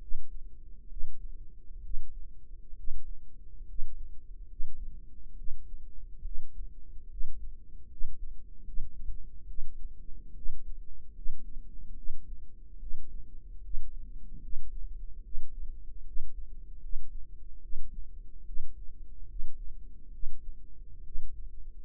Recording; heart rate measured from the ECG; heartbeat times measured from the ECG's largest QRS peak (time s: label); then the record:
heart sounds by microphone in the right ear; 71 bpm
0.88 s: heartbeat
1.81 s: heartbeat
2.75 s: heartbeat
3.65 s: heartbeat
4.47 s: heartbeat
5.36 s: heartbeat
6.23 s: heartbeat
7.08 s: heartbeat
7.88 s: heartbeat
8.64 s: heartbeat
9.47 s: heartbeat
10.34 s: heartbeat
11.13 s: heartbeat
11.95 s: heartbeat
12.79 s: heartbeat
13.61 s: heartbeat
14.41 s: heartbeat
15.23 s: heartbeat
16.04 s: heartbeat
16.80 s: heartbeat
17.61 s: heartbeat
18.45 s: heartbeat
19.27 s: heartbeat
20.11 s: heartbeat
21.03 s: heartbeat
From the record:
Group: healthy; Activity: cold pressor test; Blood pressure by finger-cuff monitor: 92/60 mmHg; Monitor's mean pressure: 70 mmHg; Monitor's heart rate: 72 bpm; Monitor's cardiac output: 5.7 L/min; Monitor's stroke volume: 78 mL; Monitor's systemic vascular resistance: 860 dyn s/cm5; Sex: female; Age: 22 years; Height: 163 cm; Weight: 67.1 kg